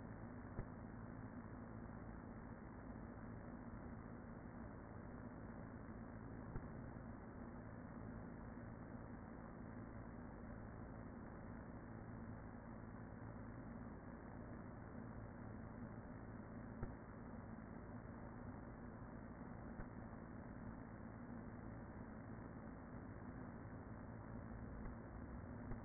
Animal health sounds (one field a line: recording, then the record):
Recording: honeybee colony, microphone inside the hive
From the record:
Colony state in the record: queen present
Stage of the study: after two queens were removed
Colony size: about 40,000 bees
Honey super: no